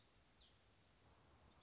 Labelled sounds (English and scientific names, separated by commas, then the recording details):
Black-throated Gray Warbler (Setophaga nigrescens)
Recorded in Sonoma County, California